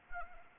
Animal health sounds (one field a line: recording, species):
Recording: mosquito wingbeat signal from an infrared sensor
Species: Anopheles arabiensis